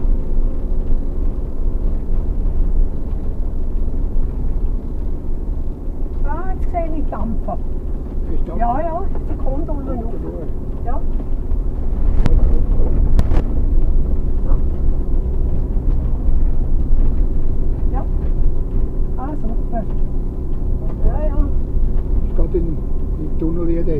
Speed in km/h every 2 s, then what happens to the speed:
38, 38, 38, 37, 37, 38, 37, 35, 33, 35, 35, 37.
0-24 steady at about 37.